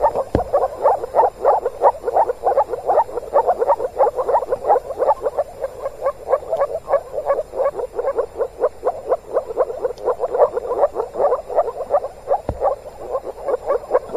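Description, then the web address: Moor frog chorus of soft, low, hollow pulses repeated quickly and steadily, many callers overlapping, with a couple of faint clicks. Calling in the Tävsmoor, Germany, in spring. "moorfrosch. rufen jetzt die froesche im taevsmoor"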